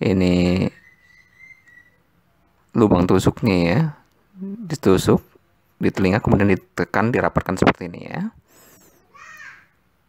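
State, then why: Not seated. Someone talks while handling a titanium earring, its hinged post meant to go through the ear hole and be pressed together with its catch until it clicks shut and locks. Nothing has seated or clicked yet; the clip ends just before the clasp goes home.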